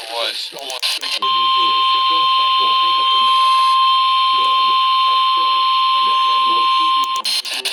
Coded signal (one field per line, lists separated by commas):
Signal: Emergency Alert System (SAME) tones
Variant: 1050 Hz attention tone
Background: speech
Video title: Goodbye Winter! | EAS Alerts from 2/21/25 & 2/23/25 | EAS#2,671-2,689